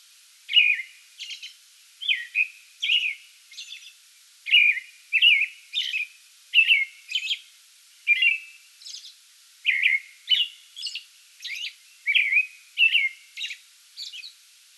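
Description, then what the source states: American robin song, rapid run of warbled whistled phrases separated by short pauses, with high squeaky notes scattered between them. Pre-dawn song bout, recorded 8 May 2022.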